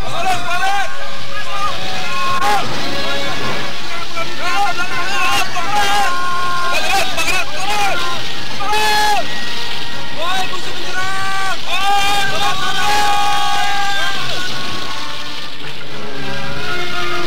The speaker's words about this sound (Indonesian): Akan tetapi, tiba-tiba terdengar teriakan ramai lagi dari arah samping timur istana.